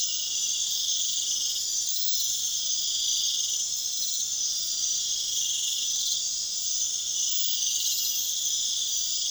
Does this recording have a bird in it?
no